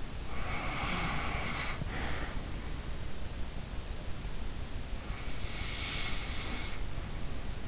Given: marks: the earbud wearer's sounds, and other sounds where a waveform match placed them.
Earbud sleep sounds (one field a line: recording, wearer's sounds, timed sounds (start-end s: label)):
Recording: sounds in sleep by an in-ear microphone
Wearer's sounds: snoring breath, breath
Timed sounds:
0.26-2.84 s: snoring breath
4.80-7.68 s: breath